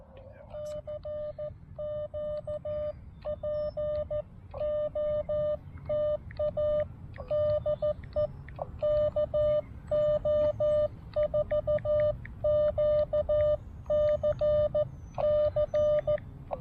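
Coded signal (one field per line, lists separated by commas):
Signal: Morse code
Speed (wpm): 14 wpm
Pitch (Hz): 600 Hz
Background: radio noise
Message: CQ POTA DE KO4QCC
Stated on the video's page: Morse from a first CW Parks on the Air activation.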